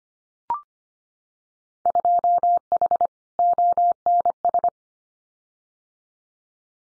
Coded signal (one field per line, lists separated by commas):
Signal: Morse code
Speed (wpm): 25 wpm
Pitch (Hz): 700 Hz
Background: none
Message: 2H ONS